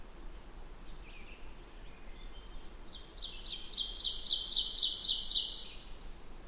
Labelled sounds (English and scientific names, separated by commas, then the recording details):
Ovenbird (Seiurus aurocapilla) song
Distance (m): 35 m
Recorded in boreal forest in Alberta, Canada, on 16 June 2016 at 08:15
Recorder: SongMeter 3, array SBT-3-32
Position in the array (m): 159 m, -30 m
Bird 38